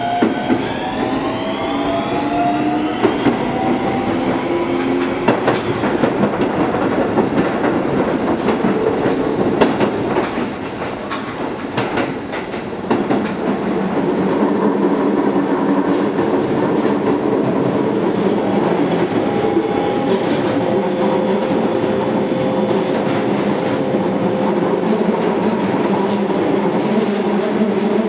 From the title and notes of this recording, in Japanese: 京王7000系(ワンマン車) 高幡不動〜多摩動物公園。京王7000系 4両編成。20 m両開き4扉。ステンレス車で戸袋窓を備えるのは珍しく。